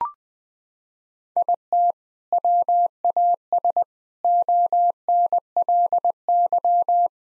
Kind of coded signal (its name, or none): Morse code